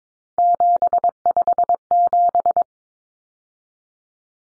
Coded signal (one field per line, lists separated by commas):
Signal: Morse code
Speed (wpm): 22 wpm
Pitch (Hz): 700 Hz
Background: none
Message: 757